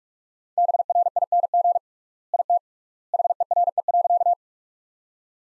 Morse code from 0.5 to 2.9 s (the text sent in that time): BRING IT